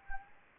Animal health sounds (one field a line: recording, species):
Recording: mosquito wingbeat signal from an infrared sensor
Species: Anopheles gambiae